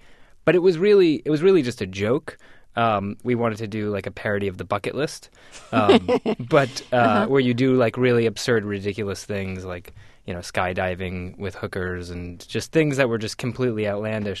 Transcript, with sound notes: But it was really, it was really just a joke. We wanted to do like a parody of "The Bucket List."
(SOUNDBITE OF LAUGHTER)
But where you do really absurd and ridiculous things, like, you know, skydiving with hookers and just things that were completely outlandish.